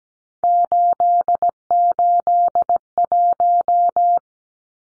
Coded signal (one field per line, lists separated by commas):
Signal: Morse code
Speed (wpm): 17 wpm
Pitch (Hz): 700 Hz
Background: none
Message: 881